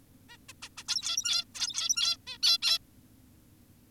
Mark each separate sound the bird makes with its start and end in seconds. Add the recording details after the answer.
0.29-0.37, 0.49-0.53, 0.62-0.69, 0.78-0.84, 0.88-1.45, 1.55-2.17, 2.27-2.38, 2.43-2.58, 2.62-2.78. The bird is an adult. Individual g17y2U